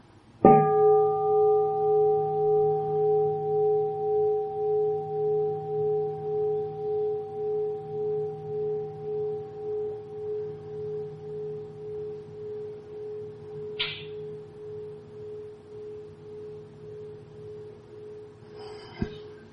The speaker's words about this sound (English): And I'm going to ask Brother Will to invite just one sound of the bell to make sure that we're in this present moment and that that child is here with us in this present moment.